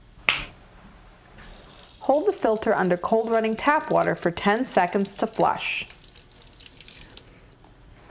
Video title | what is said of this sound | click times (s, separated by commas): Cuisinart Burr Grind & Brew 12 Cup Coffemakers | you will hear a snap indicating the filter is in place | 0.3 s